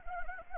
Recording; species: mosquito wingbeat signal from an infrared sensor; Anopheles arabiensis